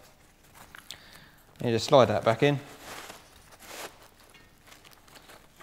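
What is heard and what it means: A quick-release weight pocket is slid back into its sleeve on a Hollis Advanced Travel System (ATS) scuba BC. Two faint sharp ticks at 0.8 and 0.9 s and soft rustling handling noises follow while someone talks, with a few light taps near 4.9 to 5.1 s. The pocket has not seated or locked into place yet.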